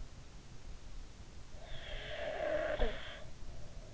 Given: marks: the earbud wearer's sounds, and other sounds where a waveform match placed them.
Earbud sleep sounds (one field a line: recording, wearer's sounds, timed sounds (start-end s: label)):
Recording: sounds in sleep by an in-ear microphone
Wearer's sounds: snoring breath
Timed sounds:
1.32-3.66 s: snoring breath